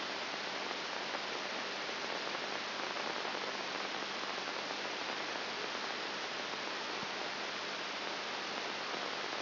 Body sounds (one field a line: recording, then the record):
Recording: brain microelectrode recording played as sound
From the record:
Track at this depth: inside the subthalamic nucleus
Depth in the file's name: 0.702 mm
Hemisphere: right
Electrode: 3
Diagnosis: Parkinson's disease